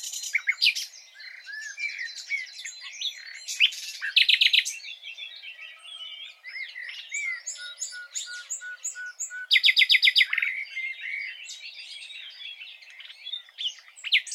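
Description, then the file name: Common nightingale song, a long dense stream of varied chattering and whistled notes, broken by two loud rapid rattling bursts. "Luscinia megarhynchos"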